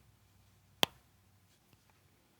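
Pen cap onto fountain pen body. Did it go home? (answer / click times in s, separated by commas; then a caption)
yes / 0.8 s. The metal snap cap of a Lamy fountain pen is pushed onto the pen body close to the microphone, giving one sharp, loud click at 0.8 s, followed by a faint tick at 1.7 s in near silence. The cap seats firmly and feels very solid.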